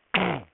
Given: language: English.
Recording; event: throat vibration sensor signal played as sound; throat clearing